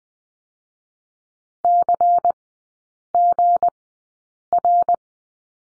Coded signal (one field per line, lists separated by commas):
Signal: Morse code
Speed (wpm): 20 wpm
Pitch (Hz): 700 Hz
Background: none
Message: CGR